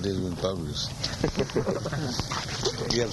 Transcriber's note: laughter